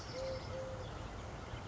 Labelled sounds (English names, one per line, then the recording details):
Eurasian Collared Dove
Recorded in Sonoma County, California